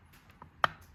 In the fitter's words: heard it? Nice click.